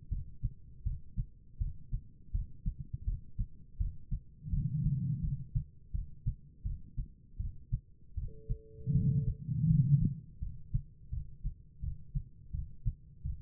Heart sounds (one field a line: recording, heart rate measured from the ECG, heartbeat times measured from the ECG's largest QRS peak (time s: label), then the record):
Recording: heart sounds by stethoscope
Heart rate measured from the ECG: 82 bpm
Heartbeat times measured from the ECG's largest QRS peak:
0.09 s: heartbeat
0.84 s: heartbeat
1.59 s: heartbeat
2.32 s: heartbeat
3.05 s: heartbeat
3.78 s: heartbeat
4.50 s: heartbeat
5.21 s: heartbeat
5.92 s: heartbeat
6.63 s: heartbeat
7.38 s: heartbeat
8.15 s: heartbeat
8.93 s: heartbeat
9.67 s: heartbeat
10.40 s: heartbeat
11.10 s: heartbeat
11.81 s: heartbeat
12.52 s: heartbeat
13.23 s: heartbeat
From the record:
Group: healthy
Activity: rest 0-10 s, breath hold 10-13 s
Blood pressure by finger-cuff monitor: 138/89 mmHg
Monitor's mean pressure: 109 mmHg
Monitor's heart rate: 81 bpm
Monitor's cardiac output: 5 L/min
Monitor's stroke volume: 61 mL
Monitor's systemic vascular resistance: 1560 dyn s/cm5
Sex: female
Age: 51 years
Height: 162 cm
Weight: 70.04 kg